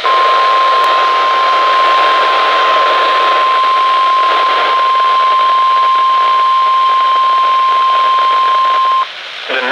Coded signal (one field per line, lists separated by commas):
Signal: Emergency Alert System (SAME) tones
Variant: 1050 Hz attention tone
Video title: TORNADO WARNING ON KEC55 (EAS #1209)